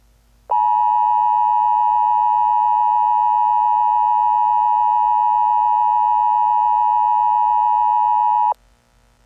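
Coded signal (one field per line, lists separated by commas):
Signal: Emergency Alert System (SAME) tones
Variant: 853 and 960 Hz attention tone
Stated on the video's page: A fictional EAS scenario alert, not a real one.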